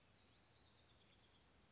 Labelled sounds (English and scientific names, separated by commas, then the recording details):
House Wren (Troglodytes aedon)
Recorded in Sonoma County, California